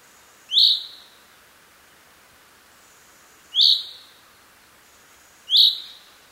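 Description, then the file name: Common chaffinch uttering three sharp, high call notes separated by about two to three seconds, with a quiet hiss throughout. "Fringilla coelebs"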